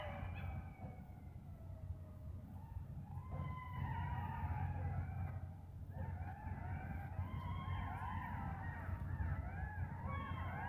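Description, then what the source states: Jackal chorus, several overlapping wailing, quavering howls over a continuous low rumbling background. More than one jackal.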